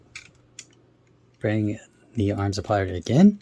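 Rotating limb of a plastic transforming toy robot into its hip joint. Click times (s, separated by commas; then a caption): 0.2 s, 0.6 s. A button is pressed on a plastic transforming toy robot (a toy zord), and its rotating limb is swung forward and around into its hip joint, where it locks into place with sharp plastic clicks at 0.2 s and 0.6 s. After a short quiet pause, someone talks.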